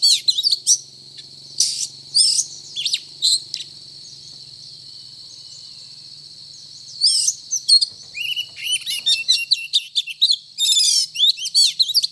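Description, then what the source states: Oriental magpie-robin song: bursts of varied high whistles and chattering notes, a quiet gap mid-way, then a rapid run of sharp notes, over a steady high tone and faint low hum. Indonesian local name kacer; described as gacor, actively and vigorously singing.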